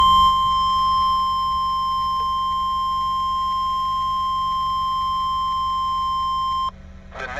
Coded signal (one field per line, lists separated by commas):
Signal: Emergency Alert System (SAME) tones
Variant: 1050 Hz attention tone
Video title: EAS #26 - Severe Thunderstorm Warning